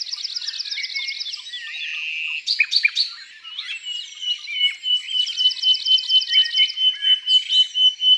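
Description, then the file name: Common nightingale song alternating rapid rattling trills with sharp clicks and long pure whistles, the phrases changing in pace and pitch. In the countryside. "Rossignol philomele Chants doiseaux dans la campagne"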